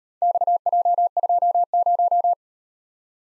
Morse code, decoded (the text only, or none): XJ20